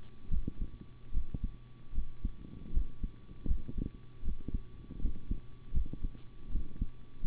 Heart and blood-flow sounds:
heart sounds by stethoscope; between the tricuspid and mitral areas; 78 bpm
0.29 s: heartbeat
1.12 s: heartbeat
1.93 s: heartbeat
2.72 s: heartbeat
3.46 s: heartbeat
4.23 s: heartbeat
4.99 s: heartbeat
5.72 s: heartbeat
6.50 s: heartbeat
7.22 s: heartbeat
From the record:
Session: rest, sitting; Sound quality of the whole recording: good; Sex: male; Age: 25 years

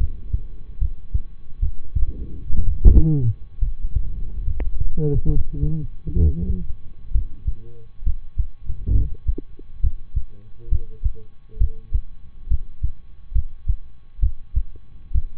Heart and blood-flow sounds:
heart sounds by stethoscope; between the tricuspid and mitral areas; 67 bpm
0.78 s: heartbeat
1.59 s: heartbeat
2.63 s: heartbeat
3.58 s: heartbeat
4.43 s: heartbeat
5.25 s: heartbeat
6.12 s: heartbeat
7.11 s: heartbeat
8.02 s: heartbeat
8.91 s: heartbeat
9.80 s: heartbeat
10.68 s: heartbeat
11.57 s: heartbeat
12.47 s: heartbeat
13.31 s: heartbeat
14.19 s: heartbeat
15.11 s: heartbeat
From the record:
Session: rest, lying down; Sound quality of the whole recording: good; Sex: male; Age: 23 years

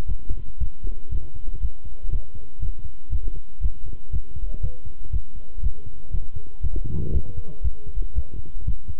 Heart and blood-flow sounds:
heart sounds by stethoscope; between the tricuspid and mitral areas; 119 bpm
0.08 s: heartbeat
0.60 s: heartbeat
1.11 s: heartbeat
1.61 s: heartbeat
2.11 s: heartbeat
2.61 s: heartbeat
3.11 s: heartbeat
3.62 s: heartbeat
4.12 s: heartbeat
4.62 s: heartbeat
5.12 s: heartbeat
5.63 s: heartbeat
6.13 s: heartbeat
6.62 s: heartbeat
7.13 s: heartbeat
7.63 s: heartbeat
8.15 s: heartbeat
8.66 s: heartbeat
From the record:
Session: walking at 3.7 km/h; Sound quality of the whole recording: good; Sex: male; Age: 25 years

